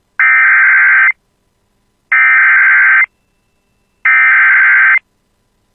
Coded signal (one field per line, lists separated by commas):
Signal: Emergency Alert System (SAME) tones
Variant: header bursts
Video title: [EAS] Severe Thunderstorm Warning for the Bemidji Area (8/7/26)